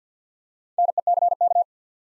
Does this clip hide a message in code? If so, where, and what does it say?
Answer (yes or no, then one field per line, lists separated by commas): yes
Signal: Morse code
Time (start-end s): 0.8-1.6 s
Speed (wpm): 50 wpm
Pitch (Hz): 700 Hz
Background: none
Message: NECK